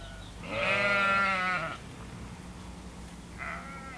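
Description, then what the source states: Sheep bleating: one long wavering bleat, then a shorter fainter bleat near the end, with a low steady hum underneath. Hungry sheep.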